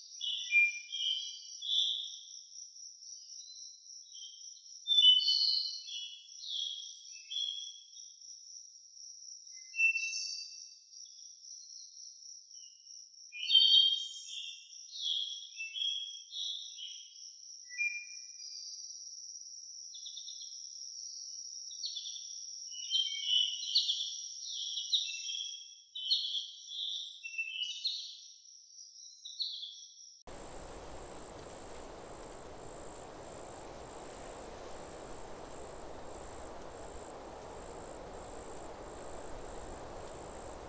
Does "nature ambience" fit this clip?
yes